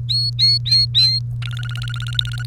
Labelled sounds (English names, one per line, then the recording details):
Domestic Canary song
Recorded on 1 May 2018 at 09:08
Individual llb3